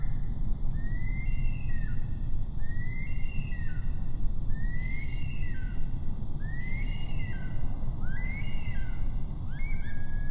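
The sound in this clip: Bush stone-curlew calling in a series of eerie rising-then-falling whistles, repeated about every two seconds, with brief hissy bursts.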